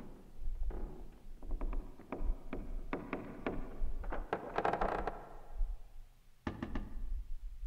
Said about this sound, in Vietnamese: Đột nhiên, cái thanh gậy khiêng quan của bà cụ Dần bỗng nhiên bị gãy. thấy ầm một tiếng, quan tài của bà cụ rơi đánh dầm một cái xuống đất.